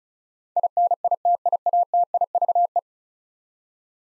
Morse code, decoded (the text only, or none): INITIATIVE